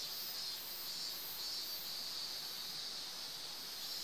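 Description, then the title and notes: Cicadas: steady, shrill buzzing blended with constant running-water noise from a stream. Summer, beside a stream in front of the Satsuki Kaikan building during a training camp, Yugawa, Ito City, Shizuoka, Japan; DR07XP recorder. "湯川, 伊東市, 静岡県, 414-0006, 日本 - Summer Stream with Cicadas. 伊東さつき会館での合宿。建物の表の川の側で。 Satsuki Kaikan Training Camp - River Sounds DR07XP"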